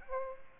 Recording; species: mosquito wingbeat signal from an infrared sensor; Aedes aegypti